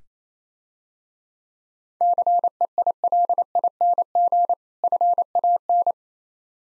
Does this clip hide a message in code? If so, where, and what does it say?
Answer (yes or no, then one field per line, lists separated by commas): yes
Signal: Morse code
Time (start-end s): 2.0-5.9 s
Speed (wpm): 27 wpm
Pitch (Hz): 700 Hz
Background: none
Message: CEILING FAN